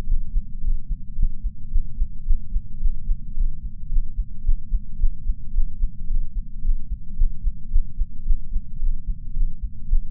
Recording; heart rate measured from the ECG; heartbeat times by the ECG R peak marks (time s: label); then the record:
heart sounds by patch sensor on the chest; 110 bpm
0.05 s: heartbeat
0.60 s: heartbeat
1.14 s: heartbeat
1.69 s: heartbeat
2.24 s: heartbeat
2.79 s: heartbeat
3.33 s: heartbeat
3.88 s: heartbeat
4.42 s: heartbeat
4.97 s: heartbeat
5.52 s: heartbeat
6.06 s: heartbeat
6.60 s: heartbeat
7.15 s: heartbeat
7.69 s: heartbeat
8.24 s: heartbeat
8.78 s: heartbeat
9.32 s: heartbeat
9.87 s: heartbeat
From the record:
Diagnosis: coronary artery disease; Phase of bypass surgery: postoperative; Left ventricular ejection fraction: 34.9%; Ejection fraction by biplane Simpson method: 32.7%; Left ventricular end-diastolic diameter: 59 mm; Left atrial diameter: 36 mm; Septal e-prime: 3 cm/s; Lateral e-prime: 7 cm/s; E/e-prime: 12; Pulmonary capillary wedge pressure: 12 mmHg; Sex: male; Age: 49 years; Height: 175 cm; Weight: 80 kg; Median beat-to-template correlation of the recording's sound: 0.90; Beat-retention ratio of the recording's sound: 0.99